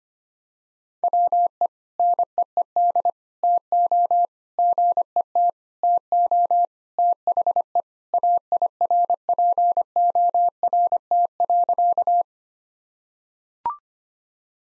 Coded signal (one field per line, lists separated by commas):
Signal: Morse code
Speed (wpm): 25 wpm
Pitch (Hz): 700 Hz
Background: none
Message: WE NEED TO GET TO THE AIRPORT.